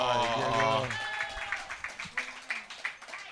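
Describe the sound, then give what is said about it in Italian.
At a poetry slam, a voice calls out briefly, then the audience breaks into applause for a volunteer juror, a steady patter of overlapping hand claps at moderate volume that carries on to the end. “un applauso!”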